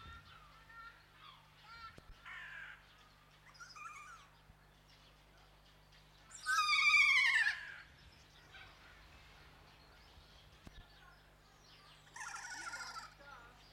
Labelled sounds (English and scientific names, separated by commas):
Kea (Nestor notabilis) call